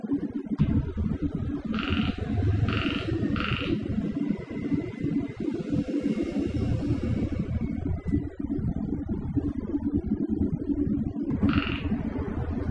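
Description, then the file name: Frog croaks in a brief cluster of three nasal notes, then one more after a long pause, over loud low rumbling noise. On Okinawa. "Mikhail Iliatov - Okinawa Frogs"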